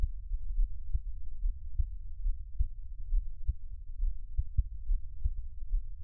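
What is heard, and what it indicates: Steady low thumps at about 70 beats a minute, an ordinary adult heartbeat over a soft low rumble, with no talking.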